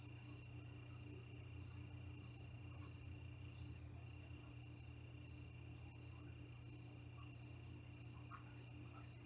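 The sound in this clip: Cricket chirps, high and pulsed, come at an uneven rhythm of about one per second beside a continuous thin trill and a low steady hum.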